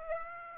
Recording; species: mosquito wingbeat signal from an infrared sensor; Aedes aegypti